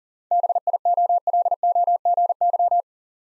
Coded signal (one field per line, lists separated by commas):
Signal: Morse code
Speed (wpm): 38 wpm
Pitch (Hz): 700 Hz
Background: none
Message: BIOLOGY